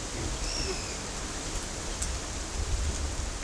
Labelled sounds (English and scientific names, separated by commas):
Pale-eyed Pygmy Tyrant (Atalotriccus pilaris)